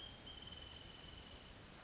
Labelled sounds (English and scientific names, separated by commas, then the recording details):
Wrentit (Chamaea fasciata)
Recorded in Sonoma County, California